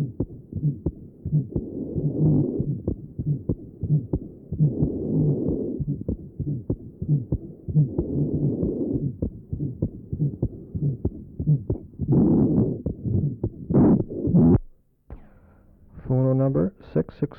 Patient has an innocent systolic murmur. Recording taken from left sternal edge. Note the grunty systolic murmur at this area.